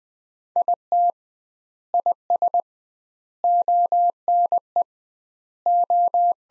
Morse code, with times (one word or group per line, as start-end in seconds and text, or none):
0.6-1.1 IT
1.9-2.6 IS
3.4-4.8 ONE
5.7-6.3 O